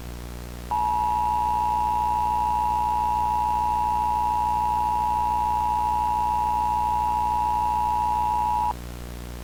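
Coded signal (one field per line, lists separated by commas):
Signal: Emergency Alert System (SAME) tones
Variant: 853 and 960 Hz attention tone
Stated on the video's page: Fictional EAS scenario, not a real alert.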